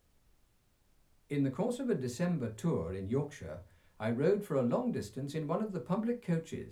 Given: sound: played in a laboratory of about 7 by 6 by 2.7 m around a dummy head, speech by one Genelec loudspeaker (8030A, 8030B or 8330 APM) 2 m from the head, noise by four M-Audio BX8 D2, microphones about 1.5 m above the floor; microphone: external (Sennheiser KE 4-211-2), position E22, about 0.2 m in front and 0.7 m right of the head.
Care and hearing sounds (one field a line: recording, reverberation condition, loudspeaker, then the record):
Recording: male speech in English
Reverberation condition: low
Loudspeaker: 150 degrees to the right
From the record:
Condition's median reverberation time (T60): about 310 ms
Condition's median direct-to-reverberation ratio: about 3.5 dB